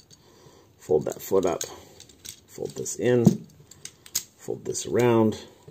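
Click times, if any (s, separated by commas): none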